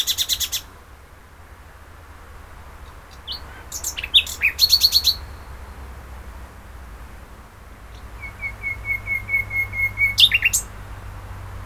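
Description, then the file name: Common nightingale song with a short rattle, scattered sweeps and a brief trill, then a pure whistled note repeated and swelling in volume. "Luscinia megarhynchos"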